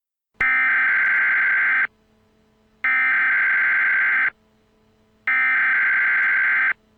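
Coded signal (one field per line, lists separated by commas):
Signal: Emergency Alert System (SAME) tones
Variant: header bursts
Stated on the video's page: Fictional simulated EAS scenario of a Virginia tornado outbreak, made as a realistic recreation.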